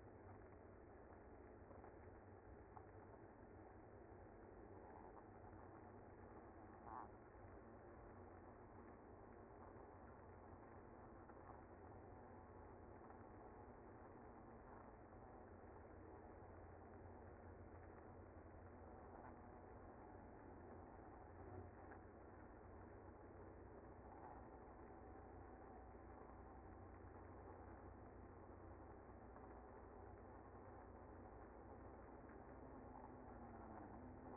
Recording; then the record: honeybee colony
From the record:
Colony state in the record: active